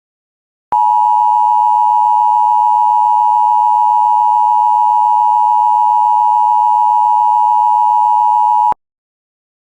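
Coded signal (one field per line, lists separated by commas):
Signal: Emergency Alert System (SAME) tones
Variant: 853 and 960 Hz attention tone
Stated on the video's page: Multiple alert headers received on WJON/IP Weatherscan feed, including several failed EAS transmissions.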